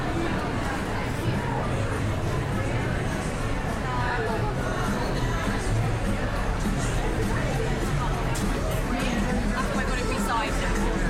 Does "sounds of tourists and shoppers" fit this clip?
yes